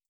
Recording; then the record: hydrophone in a shrimp aquaculture tank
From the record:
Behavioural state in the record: starved